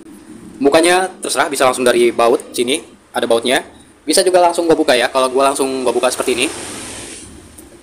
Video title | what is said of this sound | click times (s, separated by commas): CARA CEPAT DAN MUDAH MEMBERSIHKAN KIPAS ANGIN DINDING SECARA MANDIRI | dicongkel aja ya sampai bunyi tek gitu ya | 7.6 s